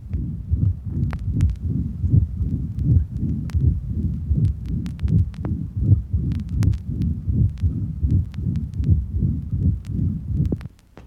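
Steady low heartbeats at about 80 a minute from an adult heart heard through a stethoscope, with a rumbling, whooshing sound filling much of the gap between beats rather than clean silence. This extra sound is a heart murmur, caused by turbulent blood flow through the heart.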